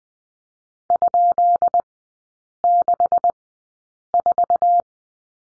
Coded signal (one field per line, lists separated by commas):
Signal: Morse code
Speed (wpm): 20 wpm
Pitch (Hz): 700 Hz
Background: none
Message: ?64